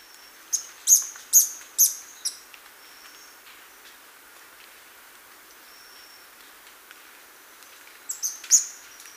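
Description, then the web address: Orange-crested flycatcher giving a quick run of five piercing high notes, then a quiet pause, then another short cluster of similar sharp notes. Recorded in Ecuador. "Birds of Ecuador. Orange-crested Flycatcher"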